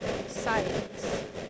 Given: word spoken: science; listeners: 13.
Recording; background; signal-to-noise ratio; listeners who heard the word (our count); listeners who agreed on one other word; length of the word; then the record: one English word in noise, from a listening test; noise modulated by three-talker babble; -3.2 dB; 4 of 13; 6 of 13; 1.10 s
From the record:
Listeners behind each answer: 6, 4, 2, 1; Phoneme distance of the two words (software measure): 7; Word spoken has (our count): 2 syllables, 5 phonemes, stress on syllable 1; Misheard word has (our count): 2 syllables, 6 phonemes, stress on syllable 1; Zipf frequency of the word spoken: 4.80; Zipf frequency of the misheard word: 4.33